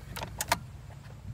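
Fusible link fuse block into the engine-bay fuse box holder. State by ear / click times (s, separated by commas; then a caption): partly seated / 0.5 s. A replacement 140 A fusible link block for a 2007 Toyota Sienna van is pushed down into its plastic holder in the under-hood fuse box. Short clicks sound near 0.2 s and 0.4 s, followed by the loudest snap at 0.5 s. The block clicks in on one end only, and the other side does not snap.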